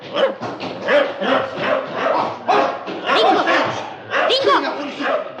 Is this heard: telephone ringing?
no